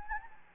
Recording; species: mosquito wingbeat signal from an infrared sensor; Anopheles gambiae